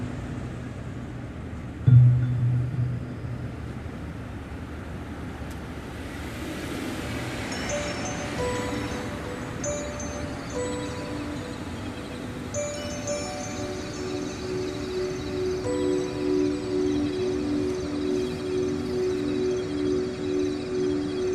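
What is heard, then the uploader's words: Sustained, airy tones from a large steel sound sculpture ring out and overlap, with new pitched notes entering around eight and twelve seconds and a lower tone settling in after fifteen. A steady traffic rumble runs underneath throughout, with a brief thump near two seconds. This 40-foot-long stainless steel wave resonates with ethereal tones as commuters and passersby pluck the strings through light beam sensors. This interactive instrument's organic shape and sound duet a bustling city backdrop and the soft chimes of a nearby Metro Transit light rail station.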